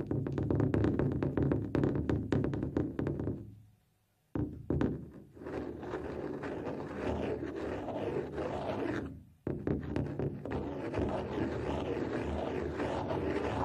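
Scratching, rubbing and brushing on a drum, starting with a quick run of dry taps and scrapes before fading into near silence around four seconds. A dense, steady rubbing hiss with a low drum rumble then takes over, broken by a brief pause near nine seconds.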